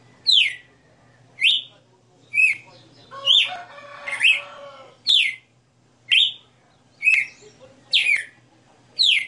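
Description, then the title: Red-cowled cardinal song: short downslurred whistled notes repeated about once a second, with a burst of harsher layered chatter in the middle. Female bird singing live; the song is described as sixty notes. "Canto Galo Campina Fêmea. Galo de Campina 60 NOTAS Cantando Ao vivo"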